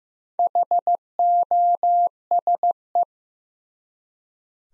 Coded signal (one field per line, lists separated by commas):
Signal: Morse code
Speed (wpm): 15 wpm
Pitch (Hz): 700 Hz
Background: none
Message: HOSE